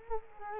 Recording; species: mosquito wingbeat signal from an infrared sensor; Culex quinquefasciatus